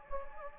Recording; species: mosquito wingbeat signal from an infrared sensor; Anopheles gambiae